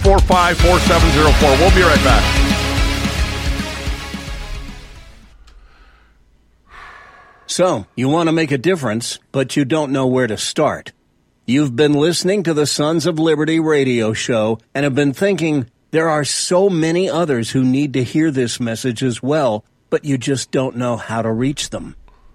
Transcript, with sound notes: 281-845-4704. We'll be right back.
(exhales)
So, you wanna make a difference, but you don't know where to start. You've been listening to the Sons of Liberty radio show and have been thinking there are so many others who need to hear this message as well, but you just don't know how to reach them.